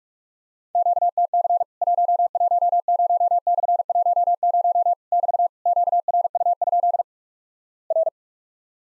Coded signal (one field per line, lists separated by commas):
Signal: Morse code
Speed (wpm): 48 wpm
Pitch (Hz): 700 Hz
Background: none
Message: QTC 110/10 <BT> QRU? R